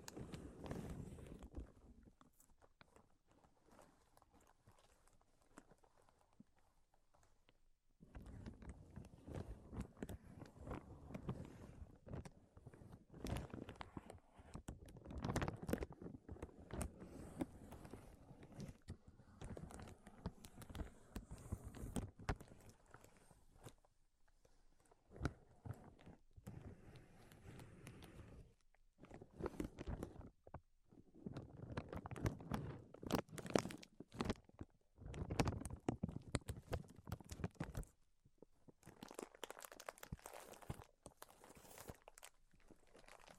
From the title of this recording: Tapping, Scratching, and Tracing Sounds